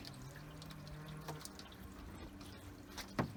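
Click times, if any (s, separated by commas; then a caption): 3.2 s. A plastic retaining clip is pressed onto a small mounting pin while a headlight and grille are refitted on a 2009–2017 Dodge Ram. Low background noise runs throughout, and the clip snaps on with a sharp click at 3.2 s. It is seated properly.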